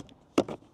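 The second latch on a camping cutting board and cook set case snaps shut with one sharp click at 0.4 s. A softer, longer rattle follows about a tenth of a second later, and there is a faint tick near 0.1 s. The latch is seated and closed.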